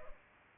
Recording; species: mosquito wingbeat signal from an infrared sensor; Culex pipiens